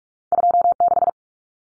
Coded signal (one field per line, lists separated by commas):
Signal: Morse code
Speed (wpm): 44 wpm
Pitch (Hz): 700 Hz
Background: none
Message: 26